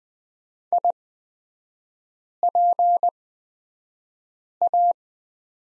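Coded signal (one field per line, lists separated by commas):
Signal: Morse code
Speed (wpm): 20 wpm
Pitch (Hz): 700 Hz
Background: none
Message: IPA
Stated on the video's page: Morse code course lesson on the prosign BK with three-character revision, sent at a Farnsworth speed of 20/10 wpm.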